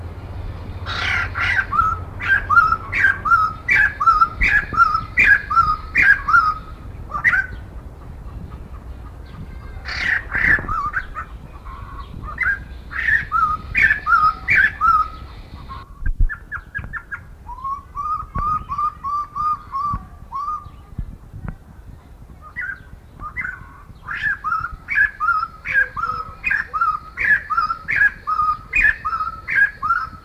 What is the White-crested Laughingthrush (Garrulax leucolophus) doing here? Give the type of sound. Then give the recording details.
song. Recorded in captivity. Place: Zoo Gelsenkirchen, Nordrhein-Westfalen, DE. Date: 1977-08-13. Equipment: Halbspur, 9,5 cm/s. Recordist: Lütgens, Hans